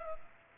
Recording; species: mosquito wingbeat signal from an infrared sensor; Culex pipiens